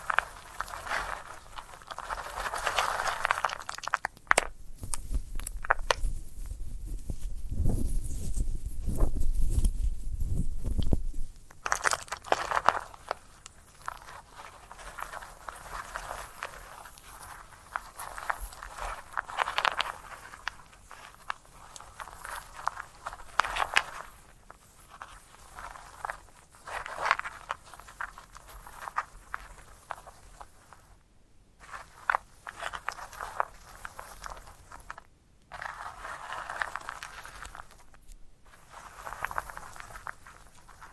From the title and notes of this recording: ASMR of a Sunflower Head (No Talking).